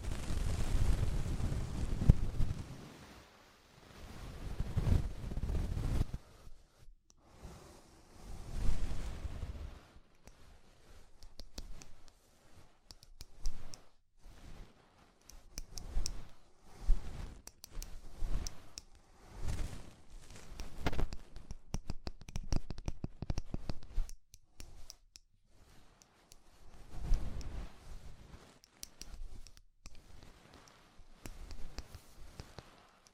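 Ear cleaning sounds as rhinestones and clay are removed: heavy muffled rubbing and thumps for the first ten seconds, then lighter scratching, crackles and sharp clicks in irregular bursts. Brief quiet gaps separate the scraping, with a few louder rubs near 20 and 27 seconds.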